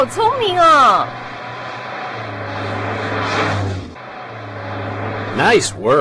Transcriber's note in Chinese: Sound of driving car